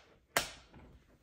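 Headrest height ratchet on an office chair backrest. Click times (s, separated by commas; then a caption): 0.4 s. The adjustable headrest on a DPS Centurion gaming office chair is pulled upward, and its height ratchet gives a sharp click into a detent position at 0.4 s. A short decay and faint rustle follow, and the headrest is seated.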